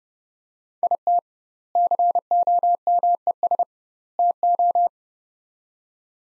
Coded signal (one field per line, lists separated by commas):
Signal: Morse code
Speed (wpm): 30 wpm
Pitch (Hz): 700 Hz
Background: none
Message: IT COMES TO